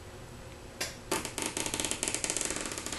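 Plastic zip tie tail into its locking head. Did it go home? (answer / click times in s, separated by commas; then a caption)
yes / 1.8 s, 2.0 s, 2.1 s, 2.2 s, 2.4 s. The pointy end of a plastic zip tie is fed into its locking head and pulled tight around a kite's Tyvek spine pocket, snugged just enough to form a pocket the vinyl can still slide in and out of. After a couple of louder knocks near 0.8 and 1.1 seconds, a quick run of small, sharp ratcheting clicks follows, with clear ones at 1.9, 2.0, 2.1, 2.1, 2.2 and 2.4 seconds. The tie catches and ratchets closed.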